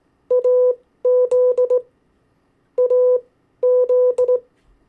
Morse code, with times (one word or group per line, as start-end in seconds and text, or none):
0.3-1.8 AZ
2.8-4.4 AZ